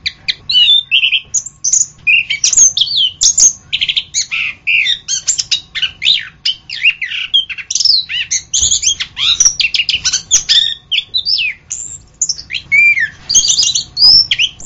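Orange-headed thrush singing a dense, fast medley of high chirps, slurred whistles and twittering phrases, loud and nearly unbroken from start to finish.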